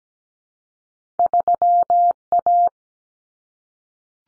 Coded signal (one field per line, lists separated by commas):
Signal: Morse code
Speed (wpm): 17 wpm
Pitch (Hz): 700 Hz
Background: none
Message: 3A